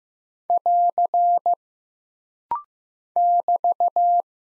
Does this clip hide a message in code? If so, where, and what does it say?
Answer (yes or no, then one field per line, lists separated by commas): yes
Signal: Morse code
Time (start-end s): 0.5-4.2 s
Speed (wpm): 15 wpm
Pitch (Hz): 700 Hz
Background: none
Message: <AR> <BT>